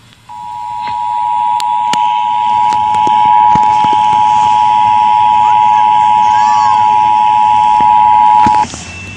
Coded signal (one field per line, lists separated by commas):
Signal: Emergency Alert System (SAME) tones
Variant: 853 and 960 Hz attention tone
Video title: EAS TEST CAUGHT ON TAPE (Read The Discriptcions Below) Friday May 2017